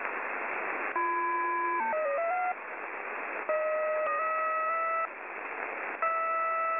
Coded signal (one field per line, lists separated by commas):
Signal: channel marker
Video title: 7700 kHz, UNID New marker, Beeps